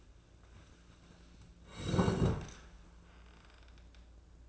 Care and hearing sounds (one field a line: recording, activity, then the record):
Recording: daily activity, microphone in the room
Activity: sit down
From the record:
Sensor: 2